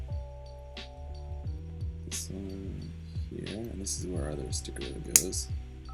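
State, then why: Not seated. Two plastic forearm parts from a plastic model kit are handled and lined up to be pressed together while music plays and someone talks, with a few faint plastic ticks. The clip ends before the parts snap home; nothing has seated or clicked yet.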